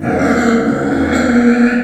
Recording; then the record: squeal of a Yucatan mini pig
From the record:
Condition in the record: after surgery on the right vocal fold (resection and tissue-engineered implant); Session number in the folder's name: 3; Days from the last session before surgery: 21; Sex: female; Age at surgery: 19 weeks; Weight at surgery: 25 kg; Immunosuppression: prednisolone